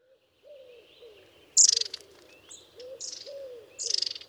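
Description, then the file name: Long-tailed tit giving thin high notes and rattling buzzy trills, while soft low notes repeat in the background. "Orite longicaude"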